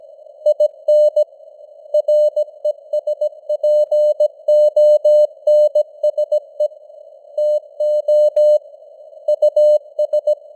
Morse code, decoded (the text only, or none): IN RESPONSE TO US